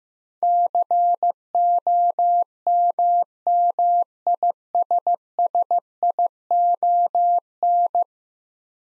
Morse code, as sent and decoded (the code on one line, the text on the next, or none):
-.-. --- -- -- .. ... ... .. --- -.
COMMISSION